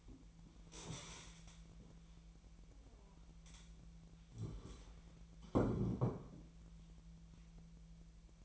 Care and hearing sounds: daily activity, microphone in the room; stand up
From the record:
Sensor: 1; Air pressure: 1001.6 hPa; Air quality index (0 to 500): 248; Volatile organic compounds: 120 ppm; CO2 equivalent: 3876 ppm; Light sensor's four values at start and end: 14/34/14/16 and 14/33/14/15

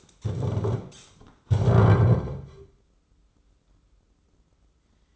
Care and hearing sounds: daily activity, microphone in the room; stand up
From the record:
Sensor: 3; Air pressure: 996.0 hPa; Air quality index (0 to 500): 245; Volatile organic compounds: 1000 ppm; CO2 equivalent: 6268 ppm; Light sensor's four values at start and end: 39/95/41/44 and 37/90/39/42

